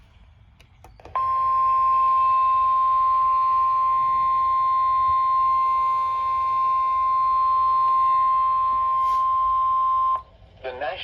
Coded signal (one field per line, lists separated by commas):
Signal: Emergency Alert System (SAME) tones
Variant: 1050 Hz attention tone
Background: speech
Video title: (EAS #73) Severe Thunderstorm Warning | 9/20/22 |